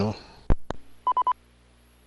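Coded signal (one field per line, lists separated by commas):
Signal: none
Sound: repeater courtesy tone beeps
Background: speech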